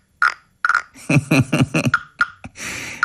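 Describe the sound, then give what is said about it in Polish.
A wooden frog guiro from Thailand, its stick taken from the frog's mouth and scraped along its back: short croaking rasps, then a longer ratcheting run of rapid clicks, a few more single croaks and a final drawn-out scrape, fairly loud with no talking. “Podobną buzię ma, trzyma patyczek, jak jej się patyczek wyciągnie, to można jej po grzbiecie zrobić tak. Jakby grała amazońska żabka.”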